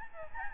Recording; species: mosquito wingbeat signal from an infrared sensor; Aedes albopictus